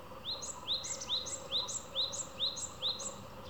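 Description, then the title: Japanese tit song, repeated two-part phrases of a lower note and a sharp high note, about seven times in steady rhythm. Tsu-pee tsu-pee song; partway through, the tone and rhythm of the voice change subtly. "シジュウカラのつーぴーつーぴーを聞くだけ"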